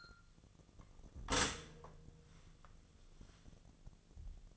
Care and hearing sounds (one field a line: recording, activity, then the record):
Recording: daily activity, microphone in the room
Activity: stop toaster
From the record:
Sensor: 4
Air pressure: 1001.0 hPa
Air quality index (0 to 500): 162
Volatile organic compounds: 2 ppm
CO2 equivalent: 1183 ppm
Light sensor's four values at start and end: 18/42/18/19 and 17/39/16/18